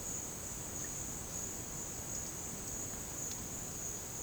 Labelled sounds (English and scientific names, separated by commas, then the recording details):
none
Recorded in dense forest near Puerto Asís, Putumayo, Colombia, on 22 June 2025 at 11:30
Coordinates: 0.486, -76.317
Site G065